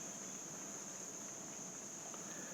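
An RC car driveshaft is lined up under the lip of its drive cup with the car resting on a lap, ready to be pushed home. A steady high-pitched hiss holds throughout over a faint low rumble and soft handling noise. Nothing has seated or clicked yet.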